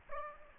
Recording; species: mosquito wingbeat signal from an infrared sensor; Aedes aegypti